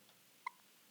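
A single brief hiccup from an infant held close to the microphone.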